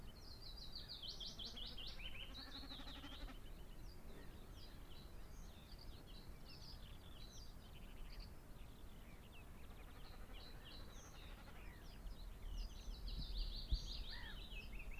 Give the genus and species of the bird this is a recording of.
Gallinago gallinago